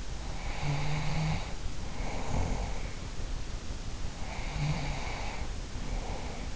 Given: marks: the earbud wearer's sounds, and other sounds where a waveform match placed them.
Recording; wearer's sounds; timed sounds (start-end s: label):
sounds in sleep by an in-ear microphone; snoring breath
0.28-3.30 s: snoring breath
3.90-6.56 s: snoring breath